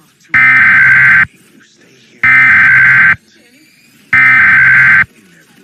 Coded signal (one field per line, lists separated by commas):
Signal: Emergency Alert System (SAME) tones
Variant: header bursts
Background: speech